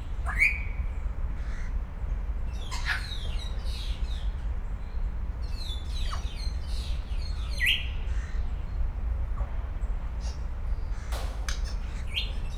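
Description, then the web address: Grey parrot whistles: several clear rising whistled notes spaced a few seconds apart, mixed with brief clicks and chirps over constant low rumble. Captive grey parrot in a zoo in Szeged, recorded in 2011, noted for making interesting sounds. "jakopapagaj erdekeshangotisad"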